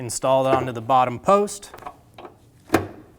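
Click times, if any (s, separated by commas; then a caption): 2.8 s. A hood lift support on a 2019-2025 Ram 2500 has its lower end socket pressed onto the bottom ball post while someone talks. Soft taps come at about 2.1 and 2.2 seconds, then a loud snap at 2.8 seconds as the socket clicks onto the post and locks on.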